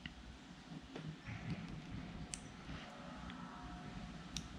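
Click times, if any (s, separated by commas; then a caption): 2.3 s, 4.4 s. Two crimped terminal pins are pushed one after the other into a waterproof plastic connector housing for fishing-boat hull wiring, over a low background hum. Each pin gives a sharp, bright snap as it goes in, at 2.3 s and 4.4 s, and both pins are seated.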